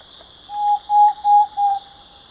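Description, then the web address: Thrush-like antpitta song: four level, hollow whistles on one pitch, evenly spaced, with a constant shrill insect hum behind. South America, eastern lowlands. "Natures Songs S America Eastern Lowlands. Mytmothera campanisona, song"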